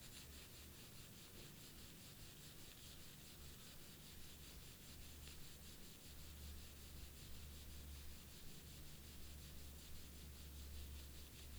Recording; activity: daily activity, guitar pickup as the sensor; brush teeth